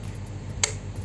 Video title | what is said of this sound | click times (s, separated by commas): Cara Upgrade RAM Sendiri Di Laptop! pemula (untuk device yg sama) | sampai bunyi klek. Berarti dia tandanya udah masuk. | 0.6 s